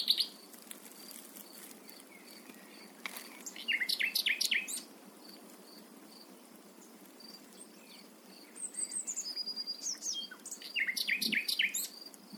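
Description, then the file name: Common nightingale song: three bursts of fast repeated notes and twittering separated by quiet gaps, with a faint steady high tone behind. "Luscinia megarhynchos"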